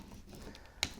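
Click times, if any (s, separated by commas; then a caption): 0.8 s. A pre-lined-up bottom section of a cut cardstock tote is pressed down into its slot in the tote body, and it snaps into place with a single sharp click at 0.8 s over a low background hum. Fainter ticks come at about 0.6 s and 1.1 s, and the panel is confirmed seated.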